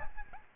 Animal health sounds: mosquito wingbeat signal from an infrared sensor; Aedes albopictus

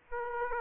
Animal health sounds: mosquito wingbeat signal from an infrared sensor; Aedes aegypti

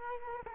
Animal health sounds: mosquito wingbeat signal from an infrared sensor; Culex quinquefasciatus

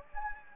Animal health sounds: mosquito wingbeat signal from an infrared sensor; Anopheles gambiae

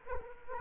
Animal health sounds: mosquito wingbeat signal from an infrared sensor; Culex quinquefasciatus

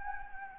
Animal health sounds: mosquito wingbeat signal from an infrared sensor; Anopheles gambiae

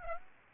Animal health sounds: mosquito wingbeat signal from an infrared sensor; Aedes aegypti

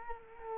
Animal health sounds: mosquito wingbeat signal from an infrared sensor; Culex quinquefasciatus

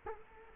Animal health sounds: mosquito wingbeat signal from an infrared sensor; Culex quinquefasciatus

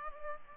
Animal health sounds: mosquito wingbeat signal from an infrared sensor; Culex pipiens

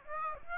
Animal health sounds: mosquito wingbeat signal from an infrared sensor; Aedes aegypti

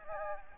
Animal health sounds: mosquito wingbeat signal from an infrared sensor; Aedes albopictus

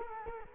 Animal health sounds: mosquito wingbeat signal from an infrared sensor; Culex quinquefasciatus

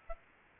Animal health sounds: mosquito wingbeat signal from an infrared sensor; Aedes albopictus

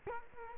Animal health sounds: mosquito wingbeat signal from an infrared sensor; Culex quinquefasciatus

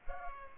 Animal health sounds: mosquito wingbeat signal from an infrared sensor; Culex pipiens

